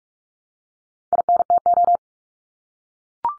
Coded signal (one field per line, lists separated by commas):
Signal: Morse code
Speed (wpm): 44 wpm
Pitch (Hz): 700 Hz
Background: none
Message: INTO